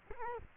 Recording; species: mosquito wingbeat signal from an infrared sensor; Culex quinquefasciatus